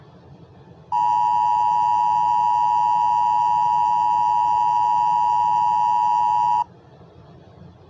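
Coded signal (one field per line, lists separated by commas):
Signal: Emergency Alert System (SAME) tones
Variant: 853 and 960 Hz attention tone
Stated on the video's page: Fake EAS alert.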